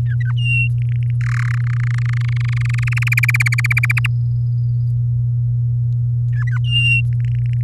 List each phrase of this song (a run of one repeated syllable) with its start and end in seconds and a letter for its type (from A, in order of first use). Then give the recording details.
0.06-0.32 A, 0.36-0.68 B, 0.78-1.11 C, 1.21-1.55 D, 1.57-3.09 E, 3.12-3.92 F, 3.96-4.07 G, 6.32-6.58 A, 6.64-7.01 B, 7.12-7.61 C. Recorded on 7 May 2018 at 05:49. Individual llb16